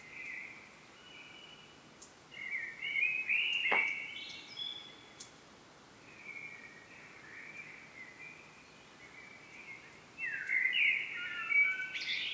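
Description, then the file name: Common blackbird song: several warbled phrases spread throughout, a sharp click early on, and a twittering phrase at the end. "Turdus merula"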